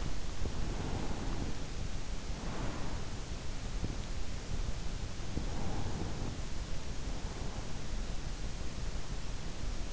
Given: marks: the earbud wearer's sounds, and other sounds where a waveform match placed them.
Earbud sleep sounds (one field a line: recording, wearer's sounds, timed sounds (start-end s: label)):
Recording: sounds in sleep by an in-ear microphone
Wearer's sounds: breath, teeth grinding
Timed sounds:
0.00-2.22 s: breath
4.74-6.62 s: teeth grinding